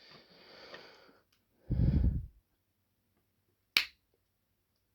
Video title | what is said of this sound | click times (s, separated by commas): LEGO BUILD VIDEO Iron Man Mech VS Ulttron. | satisfying click and | 3.8 s